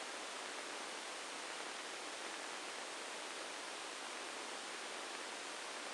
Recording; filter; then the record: brain microelectrode recording played as sound; spike band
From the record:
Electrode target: subthalamic nucleus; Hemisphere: right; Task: reaching with the left hand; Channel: 1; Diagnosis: Parkinson's disease